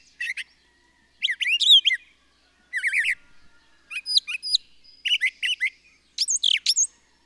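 Bird song made of quick chirpy phrases, varied trills and sharp whistled notes, delivered in short bursts.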